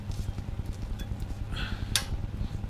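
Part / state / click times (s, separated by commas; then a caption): metal brake pad abutment clip into caliper bracket / seated / 2.0 s. A new metal brake pad abutment clip is pressed onto the brake caliper bracket of a 2013 Kia Sorento, with a steady low hum and faint scraping underneath. At 2.0 s a sharp, bright metallic snap rings out as the clip seats into place.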